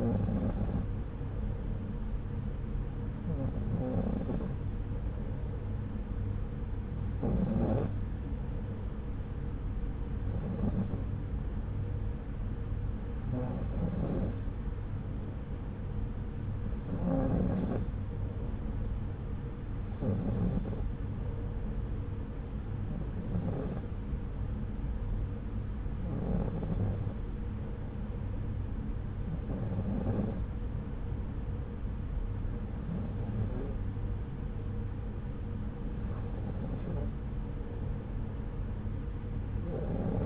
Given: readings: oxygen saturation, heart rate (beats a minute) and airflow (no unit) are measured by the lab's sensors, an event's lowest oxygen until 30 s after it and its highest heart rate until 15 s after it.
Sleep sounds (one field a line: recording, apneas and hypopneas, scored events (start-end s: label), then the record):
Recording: breathing in sleep by a smartphone at the bedside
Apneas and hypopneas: none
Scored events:
none scored
From the record:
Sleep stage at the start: N2 (light sleep)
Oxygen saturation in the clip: 93%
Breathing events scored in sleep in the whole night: 303 in 8.1 hours asleep